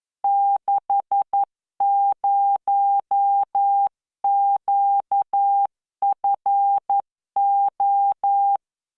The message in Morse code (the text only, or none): 60QFO